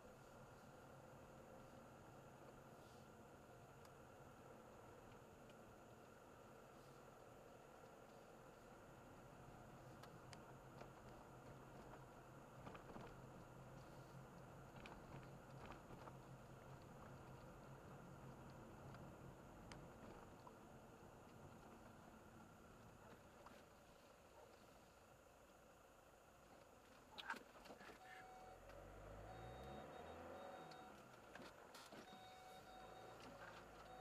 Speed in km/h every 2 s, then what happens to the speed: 29, 30, 32, 30, 34, 35, 34, 34, 35, 32, 23, 9, 14, 0, 10, 0, 13.
0-16 steady at about 34. 16-25 brakes to 0. 25-31 steady at about 0. 31-34 pulls away to 13.